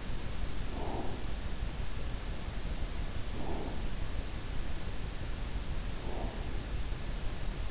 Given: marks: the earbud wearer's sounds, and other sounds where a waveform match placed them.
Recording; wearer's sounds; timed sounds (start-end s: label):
sounds in sleep by an in-ear microphone; breath
0.56-1.34 s: breath
3.18-3.86 s: breath
5.90-6.48 s: breath